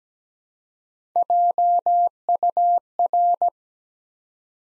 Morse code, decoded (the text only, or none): JUR